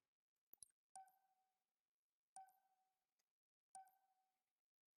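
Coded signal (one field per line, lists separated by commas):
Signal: none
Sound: video game sound effects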